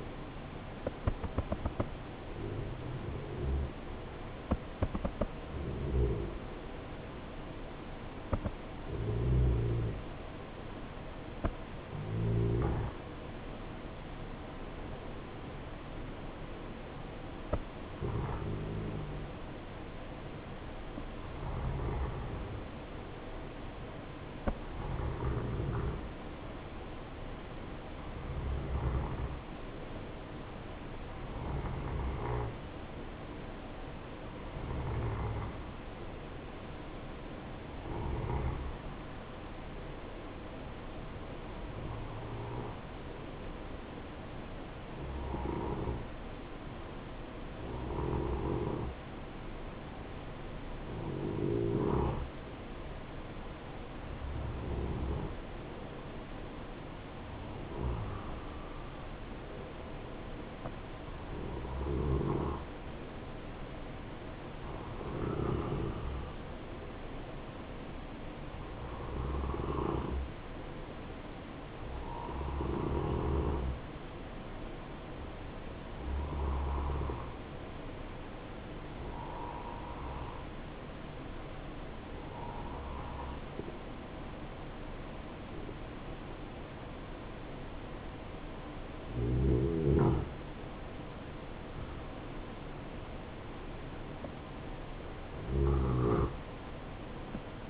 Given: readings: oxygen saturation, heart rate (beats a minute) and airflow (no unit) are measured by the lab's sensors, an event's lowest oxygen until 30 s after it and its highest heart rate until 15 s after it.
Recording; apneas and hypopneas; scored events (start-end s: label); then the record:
breathing in sleep by a voice recorder at the bedside; 1
33.00-88.90 s: hypopnea (N1, oxygen 95% highest, then 90% lowest, heart rate 69 at the start, 80 highest)
From the record:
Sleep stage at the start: N1 (lightest sleep); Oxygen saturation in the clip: 90 to 95%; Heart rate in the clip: 66 to 78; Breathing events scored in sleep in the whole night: 277 in 7.4 hours asleep